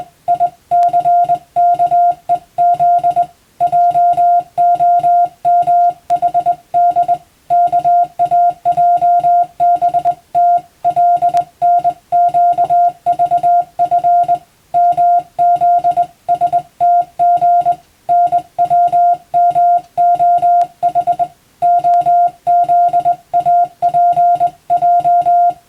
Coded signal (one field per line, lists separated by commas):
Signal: Morse code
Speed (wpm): 21 wpm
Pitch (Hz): 700 Hz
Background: music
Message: ICKEZ JOMHD KAJBT LNQVF MZSTG NWMOH OZAPJ